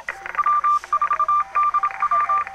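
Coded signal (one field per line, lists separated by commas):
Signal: Morse code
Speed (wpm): 26 wpm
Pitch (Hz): 1180 Hz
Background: none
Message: W4DW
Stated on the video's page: Field Day operation, including a working station using WWII-era equipment.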